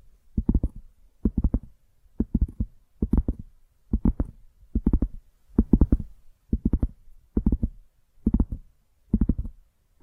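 ASMR tapping in short, regular flurries, each a quick run of three to five soft, dull taps, repeating about once a second for the whole stretch. The taps are low and thumpy, almost like a heartbeat, with near silence between groups.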